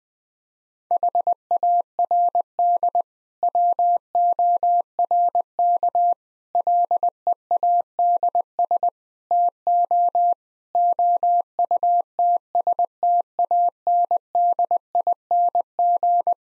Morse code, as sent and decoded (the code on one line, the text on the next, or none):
.... .- .-. -.. / .-- --- .-. -.- / .-.. . .- -.. ... / - --- / --- ..- - ... - .- -. -.. .. -. --.
HARD WORK LEADS TO OUTSTANDING